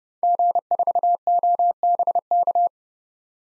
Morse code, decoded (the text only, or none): G4OBK